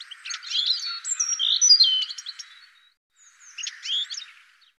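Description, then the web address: Bird giving rapid high twittering calls with some longer whistled notes, a brief pause near three seconds, then another short burst of chirps. "cianscape birddata"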